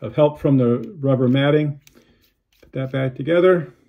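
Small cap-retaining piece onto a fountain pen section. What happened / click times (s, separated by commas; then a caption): Handled, not yet home: no seating click heard / none. Someone talks while reassembling a pocket fountain pen, handling the small metal cap-retaining piece that fits back over the pen's section, with finger-tight help from rubber matting. Only speech is heard, with a short pause in the middle. Nothing has clicked or seated yet.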